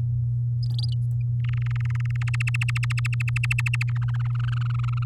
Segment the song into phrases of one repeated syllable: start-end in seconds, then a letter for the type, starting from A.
1.44-2.23 A, 2.27-3.90 B, 3.95-5.04 C